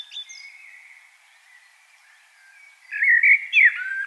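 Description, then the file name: Common blackbird song: after a faint lead-in, a short burst of mellow fluty warbling with sliding notes at the end. "Turdus merula"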